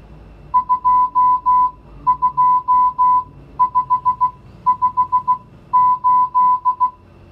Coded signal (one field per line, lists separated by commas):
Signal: Morse code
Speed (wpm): 16 wpm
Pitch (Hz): 1000 Hz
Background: music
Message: 22558